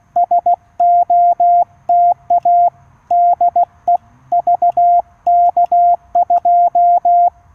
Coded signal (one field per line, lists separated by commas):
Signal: Morse code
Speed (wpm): 16 wpm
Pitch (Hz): 700 Hz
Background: radio noise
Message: SOTA DE VK2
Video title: Unsuccessful SOTA activation due to QSB and rain - QRP CW using QCX-mini - Mt Elliot (VK2/HU-093)